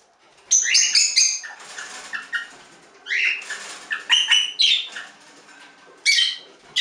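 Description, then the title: Budgerigar warble of rapid clicks, squeaks and whistled notes in uneven bursts, pausing briefly between phrases. "Budgie Sounds"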